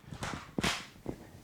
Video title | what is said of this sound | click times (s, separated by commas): Retention Levels for Open Carry Holsters | this locks in place there and | 0.6 s, 1.1 s